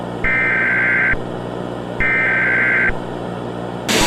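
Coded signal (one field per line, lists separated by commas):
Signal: Emergency Alert System (SAME) tones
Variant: header bursts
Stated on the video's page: Fictional Fallout-inspired EAS scenario of nuclear war, styled as a pre-war broadcast picked up after the bombs; homemade recreation, not real.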